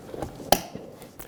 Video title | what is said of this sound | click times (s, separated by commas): How to Replace Power Window Switches 2010-2014 Subaru Outback | Push until you hear a click. | 0.5 s